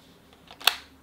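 A detachable plastic controller is attached to the side of a Switch 2 handheld game console, held by magnets rather than a clip. A couple of faint light contacts come first, then it lands with one sharp snap at 0.7 s, and the controller is seated on the console.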